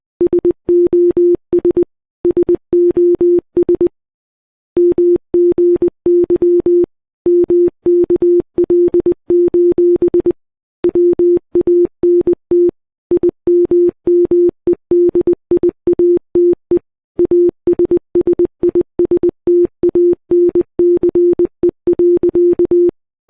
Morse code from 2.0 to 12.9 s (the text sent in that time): SOS MGY MKL: WANT